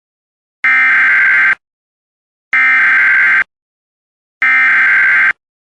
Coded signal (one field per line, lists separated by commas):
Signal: Emergency Alert System (SAME) tones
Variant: header bursts